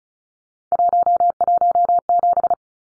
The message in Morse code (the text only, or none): 117